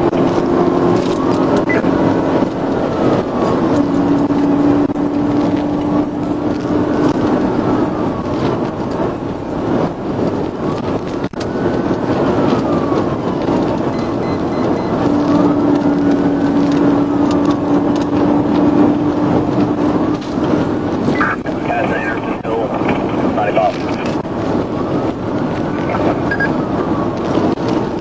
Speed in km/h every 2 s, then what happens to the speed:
161, 167, 174, 177, 174, 167, 163, 166, 171, 175, 177, 179, 175, 174.
0-5 speeds up to 177. 5-12 slows to 163. 12-21 speeds up to 179.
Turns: none.